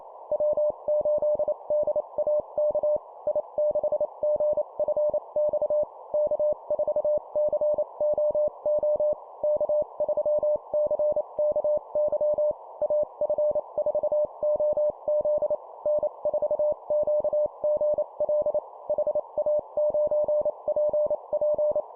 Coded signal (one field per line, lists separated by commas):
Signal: Morse code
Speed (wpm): 28 wpm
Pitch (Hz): 600 Hz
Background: none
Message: W8DAK I6GFX K4COO K3CKY AF4OZ N4QGL HA9PP